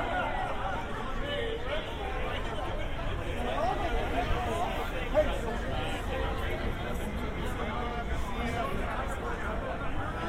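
A binaural walk from the San Diego County Admin Building toward Golden Hill, filled with a steady murmur of overlapping voices and crowd chatter. The din stays dense and even throughout, with a low rumble underneath and a few brief louder moments around five seconds.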